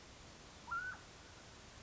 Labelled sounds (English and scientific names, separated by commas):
Mountain Quail (Oreortyx pictus)